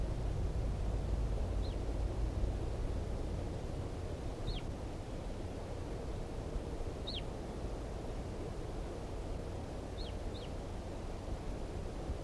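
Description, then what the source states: Red Crossbill calling, with several clear downward-slurred kip notes spaced a few seconds apart, one close pair near the end, and constant low rumbling noise underneath. Wild type 2 Red Crossbill calling at 5:21.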